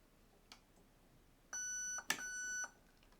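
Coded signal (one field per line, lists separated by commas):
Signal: beep code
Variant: Specna Arms HAL ETU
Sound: two steady mid-pitched electronic beeps, about half a second each, separated by a click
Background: mechanical click, small room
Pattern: 2 beeps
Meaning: Settings have been saved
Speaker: if we want to set this the way it is save the settings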